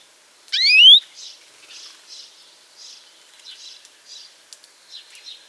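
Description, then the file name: European greenfinch utters one loud, drawn-out rising nasal wheeze, then a series of quiet soft notes. "Chloris chloris"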